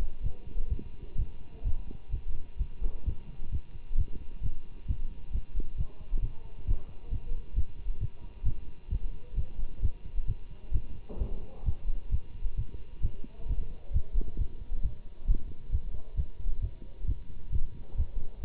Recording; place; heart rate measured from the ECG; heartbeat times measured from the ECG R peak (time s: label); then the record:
heart sounds by stethoscope; between the tricuspid and mitral areas; 132 bpm
0.23 s: heartbeat
0.69 s: heartbeat
1.17 s: heartbeat
1.64 s: heartbeat
2.11 s: heartbeat
2.58 s: heartbeat
3.05 s: heartbeat
3.51 s: heartbeat
3.97 s: heartbeat
4.42 s: heartbeat
4.87 s: heartbeat
5.32 s: heartbeat
5.77 s: heartbeat
6.21 s: heartbeat
6.66 s: heartbeat
7.10 s: heartbeat
7.55 s: heartbeat
8.00 s: heartbeat
8.44 s: heartbeat
8.90 s: heartbeat
9.35 s: heartbeat
9.81 s: heartbeat
10.27 s: heartbeat
10.73 s: heartbeat
11.19 s: heartbeat
11.65 s: heartbeat
12.11 s: heartbeat
12.56 s: heartbeat
13.02 s: heartbeat
13.48 s: heartbeat
13.93 s: heartbeat
14.38 s: heartbeat
14.82 s: heartbeat
15.27 s: heartbeat
15.71 s: heartbeat
16.16 s: heartbeat
16.61 s: heartbeat
17.06 s: heartbeat
17.51 s: heartbeat
17.97 s: heartbeat
18.42 s: heartbeat
From the record:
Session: Bruce protocol treadmill stress test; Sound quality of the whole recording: good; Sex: male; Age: 24 years